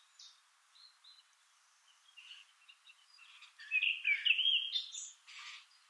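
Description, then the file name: Eurasian blackcap singing: scattered soft high notes, then a louder rich warbled phrase and a brief noisy burst near the end. "Sylvia atricapilla"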